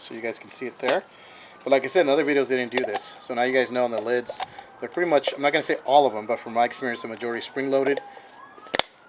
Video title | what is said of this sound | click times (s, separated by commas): Pods Emergency Tactical pods for ammo, 1st. aid & more | And you hear that nice snap. | 8.8 s